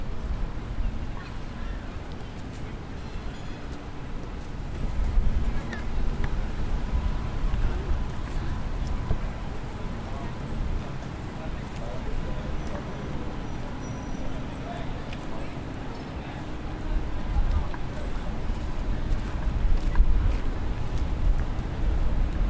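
A walk through McGill University's downtown campus, with a steady low rumble of traffic and a dense murmur of voices throughout. Faint clicks and scattered brief sounds come and go, and the level swells slightly around five seconds and again near eighteen.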